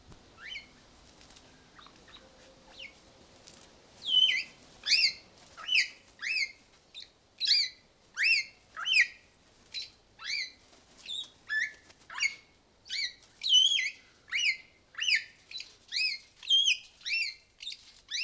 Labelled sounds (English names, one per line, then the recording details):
Greater Vasa Parrot call
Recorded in captivity
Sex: male
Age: adult
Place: Zoo Berlin, Berlin, DE
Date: 2002-07-25 12:05
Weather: bedeckt, z.T. Regen, 16°C
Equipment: Nagra SN, Kopie Uher 4000 Report Monitor
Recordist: Tembrock, Günter